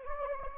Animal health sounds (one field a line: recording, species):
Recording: mosquito wingbeat signal from an infrared sensor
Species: Anopheles gambiae